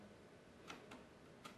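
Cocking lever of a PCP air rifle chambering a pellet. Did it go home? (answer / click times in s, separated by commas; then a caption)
no / none. The side cocking lever of a BOCAP FX CROWN 500CC PCP air rifle is handled as it is pushed forward to chamber a pellet, with three short, sharp ticks at about 0.7, 0.9 and 1.5 seconds over a steady background hiss. Nothing has seated or locked home yet.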